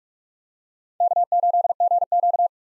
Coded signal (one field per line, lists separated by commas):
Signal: Morse code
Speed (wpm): 46 wpm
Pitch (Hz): 700 Hz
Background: none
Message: K8GQ